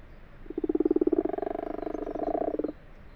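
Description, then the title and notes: Common frog produces one sustained low purring croak of rapid pulses lasting about two seconds. Common frogs calling in daytime in an abandoned, water-filled wash house in a field; 21 February 2020, 12:45, Fourcinet, Drôme, France; recorded binaurally on Nagra LB. "Ca roucoule dans le lavoir. 21 février 2020-12h45-Fourcinet - Drôme - Nagra LB - binaural. roucouler les Grenouilles rousses (Rana temporia)"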